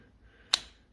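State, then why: Seated. The adjustment lock ring on the handle of a SUERCUP 3/8-inch digital torque wrench (1.5–99.6 ft-lb / 2–135 Nm, ±1% accuracy) is pushed down and turned. A single sharp, bright click sounds at 0.5 s over quiet background. The ring locks in place.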